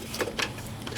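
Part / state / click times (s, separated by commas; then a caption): plastic clip into its mount near the coolant reservoir / not seated / none. A plastic clip is pushed by hand toward its mounting spot near the coolant reservoir while reinstalling parts on a 2009-2015 Honda Pilot during a radiator cooling fan and AC condenser fan replacement. Brief plastic handling taps are heard around 0.2 s, 0.4 s and 1.0 s over low background noise. Nothing has seated or clicked yet.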